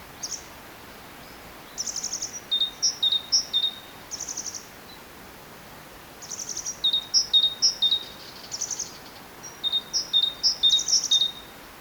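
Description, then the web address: Great tit giving bursts of high, clipped two-note phrases, each run lasting a couple of seconds and separated by brief quiet gaps, over soft steady hiss. "SETE data Parus major"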